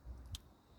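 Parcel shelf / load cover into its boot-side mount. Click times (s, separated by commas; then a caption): 0.3 s. The parcel shelf / load cover of a 2013 Ford Focus 2.0T EcoBoost ST-3 manual estate is pulled across the boot and latches into its boot-side mount. A short, sharp tick at 0.3 seconds is heard over a low rumble, and the load cover is seated in place.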